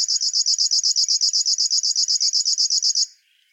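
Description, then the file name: River warbler song, a fast, even series of high buzzy pulses lasting about three seconds before cutting off, with faint soft notes beneath. "Schlagschwirl - Locustella fluviatilis"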